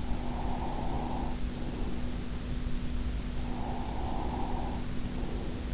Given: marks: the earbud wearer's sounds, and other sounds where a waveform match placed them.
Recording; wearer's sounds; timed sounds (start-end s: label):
sounds in sleep by an in-ear microphone; breath
0.08-2.37 s: breath
3.37-5.65 s: breath